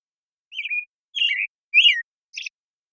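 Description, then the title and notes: American Robin singing a phrase of four clear, caroling whistled notes, rising and falling, ending with a higher, shorter note; clean background, nothing else audible. Morning song, very long sequence, Pacific Northwest, Washington, United States; parabolic recording, processed clean for clarity with natural pacing and rhythm maintained. "American Robin Morning Song. American Robin, Turdus migratorius, morning song, very long sequence, parabolic recording. Recorded in the beautiful Pacific Northwest, Washington, United States"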